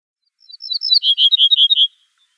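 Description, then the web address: Ortolan bunting song: a single quick phrase of bright, clipped notes repeated in a steady row, slightly descending, lasting about a second and a half. "Schulze Peter Ortolan Bunting song"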